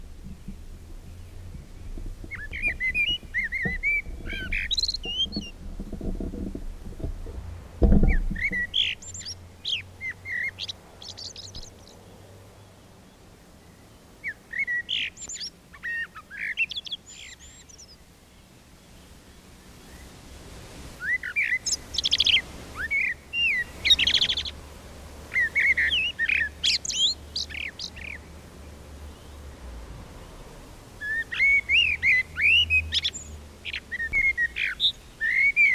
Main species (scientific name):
Turdus merula